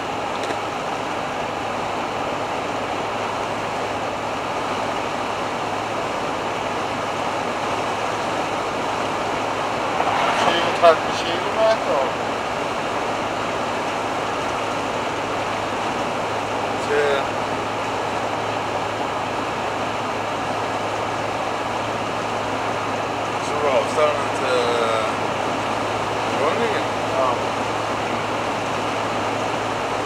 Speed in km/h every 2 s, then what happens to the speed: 94, 94, 95, 95, 95, 95, 95, 96, 95, 96, 96, 97, 96, 96, 97.
0-30 steady at about 95.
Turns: none.